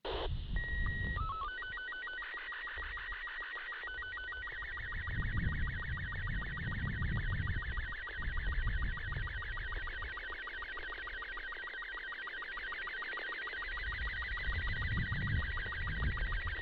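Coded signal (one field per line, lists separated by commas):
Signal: SSTV (slow-scan television)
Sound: short leader tones, then a steady warbling whistle with rapid regular ticking dips throughout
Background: radio static, low rumble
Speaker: April the 4th, I had a nice pass and got to download some more images and some with a lot better quality.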